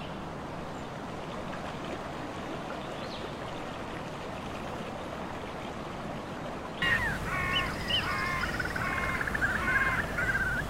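Natural ambience with a steady, dense rushing hiss holding through the first seven seconds. At about seven seconds it grows louder and brighter, and rough, repeated bird calls like crow caws sound over the wash until the end.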